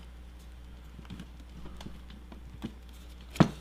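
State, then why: Not seated. Two pieces of a foam prop backpack are pushed together so the part meets its mating catch. Several light taps and knocks are heard, ending in a sharper knock near 3.4 seconds. The catch has not engaged yet.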